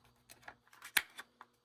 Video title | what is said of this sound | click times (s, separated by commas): KIWI design Battery Audio Head Strap 6400mAh - Headphone Elite Strap Battery Pack Unboxing / Set Up | Just hear that clicking sound. | 1.0 s